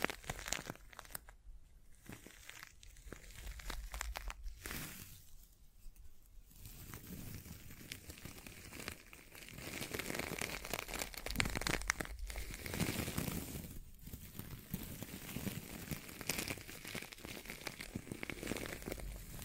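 Scratching and tracing sounds, a dense crinkly rasp that runs in uneven strokes with short pauses near 1.5, 6 and 14 seconds. Sharp tap-like clicks punctuate the scraping throughout, and the texture grows a little louder and busier in the second half.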